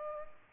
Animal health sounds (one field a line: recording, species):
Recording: mosquito wingbeat signal from an infrared sensor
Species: Culex pipiens